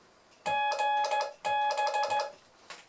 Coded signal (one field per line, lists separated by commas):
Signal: Morse code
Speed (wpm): 14 wpm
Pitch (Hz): 840 Hz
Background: none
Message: GB